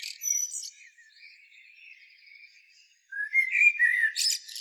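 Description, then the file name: Common blackbird song: soft, low warbling gives way to a louder fluty phrase that ends in a burst of high, scratchy notes. "Turdus merula"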